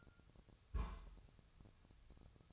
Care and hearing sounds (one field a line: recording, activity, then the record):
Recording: daily activity, microphone in the room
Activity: place on stove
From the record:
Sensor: 2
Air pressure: 999.1 hPa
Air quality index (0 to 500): 197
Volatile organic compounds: 28 ppm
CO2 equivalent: 2909 ppm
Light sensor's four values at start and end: 6/15/6/6 and 6/15/6/6